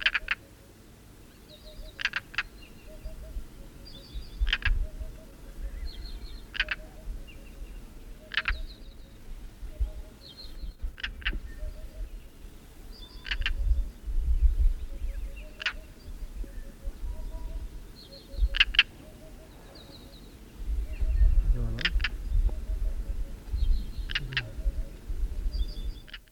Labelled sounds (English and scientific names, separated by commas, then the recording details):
European Roller (Coracias garrulus) call
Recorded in the wild
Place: Babadag, Dobrogea, RO
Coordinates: 44.891, 28.717
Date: 1976-05-30
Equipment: Nagra III BH, Sennheiser MD 21, parabola
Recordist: Schubert, Michael